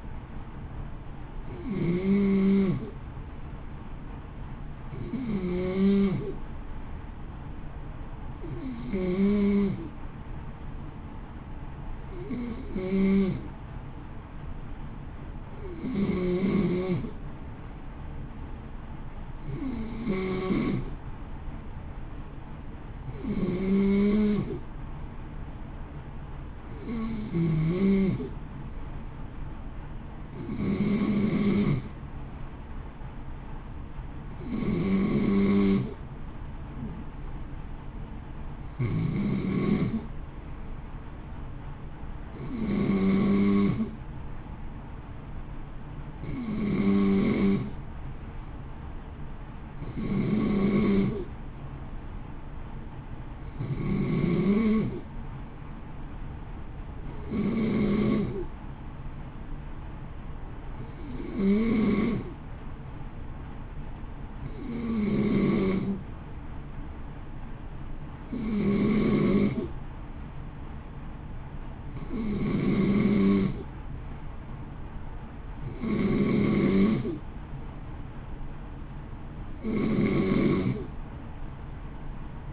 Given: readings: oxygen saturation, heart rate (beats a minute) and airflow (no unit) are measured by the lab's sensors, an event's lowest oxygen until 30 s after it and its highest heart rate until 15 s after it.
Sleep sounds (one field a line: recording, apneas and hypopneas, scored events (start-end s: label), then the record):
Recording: breathing in sleep by a smartphone at the bedside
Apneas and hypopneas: none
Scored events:
none scored
From the record:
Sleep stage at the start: N2 (light sleep)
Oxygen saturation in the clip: 91 to 92%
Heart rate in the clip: 56 to 59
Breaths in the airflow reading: 27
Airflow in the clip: -0.8 to 0.7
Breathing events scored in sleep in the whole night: 328 in 6.3 hours asleep